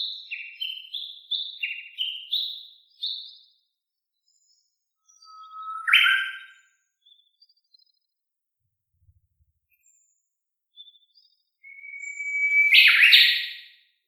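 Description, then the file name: Japanese bush warbler: a quick run of high alternating notes, then twice a drawn-out whistle rising in pitch that ends in an abrupt, explosive flourish. Valley-crossing call (taniwatari) recorded on 10 July 2015 at 07:23 in the morning. "Uguisu Taniwatari 20150710-072346"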